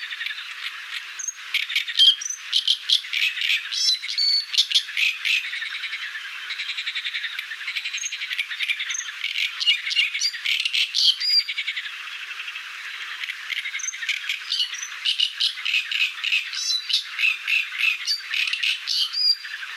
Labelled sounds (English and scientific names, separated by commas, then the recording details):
Great Reed Warbler (Acrocephalus arundinaceus) song
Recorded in the wild
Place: Damtschik/Wolgadelta, RU
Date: 1995-05-15
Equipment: Dat-Recorder Casio DA 7, Telinga DAT, Telinga-Parabolspiegel
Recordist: Schwarz, Dieter